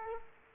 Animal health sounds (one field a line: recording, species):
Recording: mosquito wingbeat signal from an infrared sensor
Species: Culex quinquefasciatus